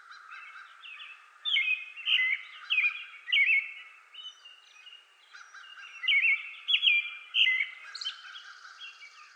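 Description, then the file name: American robin singing rich, slurred whistled phrases in two clusters separated by a short pause. Recorded 31 May 2020; mono recording. "2020-05-31 American Robin"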